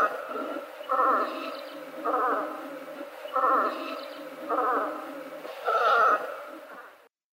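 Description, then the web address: Velvet scoter calls: five harsh, rasping bursts in a row, each a short nasal croak with buzzy overtones. "Uzbek hayvonlar. Melanitta fusca"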